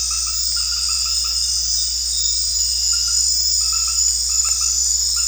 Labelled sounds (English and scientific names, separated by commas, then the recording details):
none
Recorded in secondary vegetation near Puerto Asís, Putumayo, Colombia, on 4 March 2025 at 21:00
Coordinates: 0.484, -76.319
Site G010